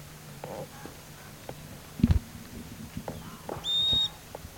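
Bird call: a single thin, high, steady whistle near the end, after low knocking thumps and soft scattered noises.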